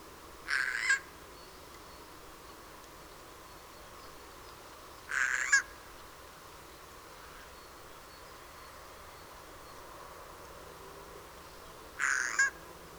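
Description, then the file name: Eurasian jay calling with three harsh, grating screeches spaced several seconds apart, each short and raspy, against a quiet hissing background. "Garrulus glandarius"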